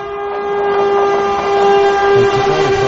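A train horn blares in one long, steady, multi-toned blast for the full three seconds, over a low rumble of rolling wheels that grows heavier toward the end. No voices.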